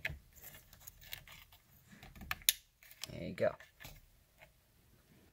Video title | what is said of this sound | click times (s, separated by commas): Replacing Cruise Control Buttons - 98'-2002 Ford Ranger (Mazda B series) - *In-depth Install* | and make sure you have enough wire to actually get to this connector push until you hear the click there | 2.5 s